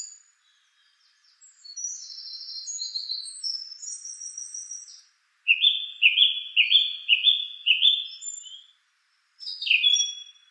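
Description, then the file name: Song thrush song: high, thin squeaky trills, then a richer phrase repeated several times. A pause follows before a new phrase. "suara-kicauan-burung-song-thrush -omkicau"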